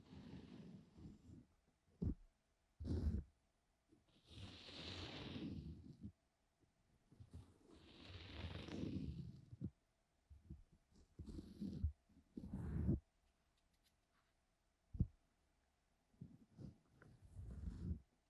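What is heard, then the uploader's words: Deep ear cleaning sounds with no talking: soft scratching, rubbing and sandy crackles in separate bursts, each about a second or two long, with short silent gaps between them. Two longer, hissier brushing strokes come around five and nine seconds, and sharp clicks punctuate the rest. ASMR DEEP Ear Cleaning No talking 시원한 모래 귀청소.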